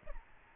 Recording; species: mosquito wingbeat signal from an infrared sensor; Aedes albopictus